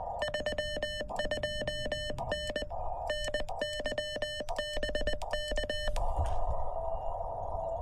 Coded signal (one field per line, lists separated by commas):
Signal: Morse code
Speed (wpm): 20 wpm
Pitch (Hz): 3000 Hz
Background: none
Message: 32N NYBK